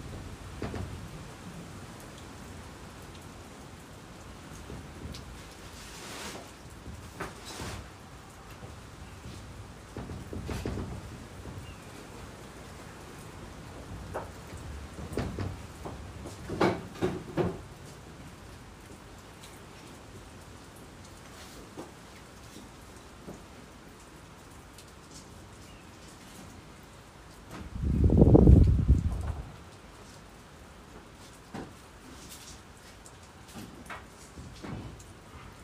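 Rain falls under the eaves as a steady, soft hiss, with scattered louder drips and taps landing irregularly throughout. A few heavier knocks cluster around the middle, and near twenty-eight seconds a deep, rumbling swell rises and fades within a couple of seconds.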